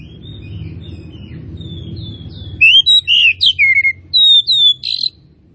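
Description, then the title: Oriental magpie-robin giving a short run of clear whistles, slurred chirps and a harsh buzzy note after a quiet start with low rumble. Tretes; bird described as singing actively (gacor). "Kacer Tretes"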